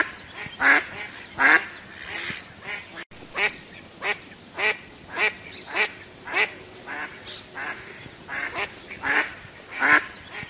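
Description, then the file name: Duck quacking: harsh, nasal calls repeated steadily, more than once a second, some louder and some softer, with a brief dropout early on. "Tieng vit troi keu"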